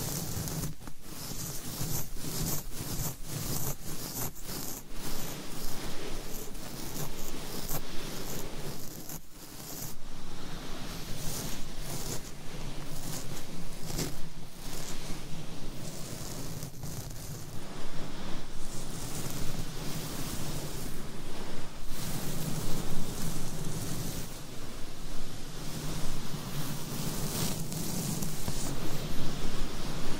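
A microphone is scratched and rubbed in a dense, continuous hiss of rough friction that runs the whole half minute. Quick strokes and brief breaks come rapidly through the first ten seconds, then the scraping thickens and grows slightly louder toward the end.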